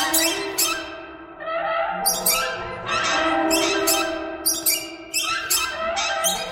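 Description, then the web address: Birds giving a continuous stream of squeaky, nasal chirps, loud clustered bursts alternating with slightly softer stretches. "soundfactory birds"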